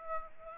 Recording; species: mosquito wingbeat signal from an infrared sensor; Aedes aegypti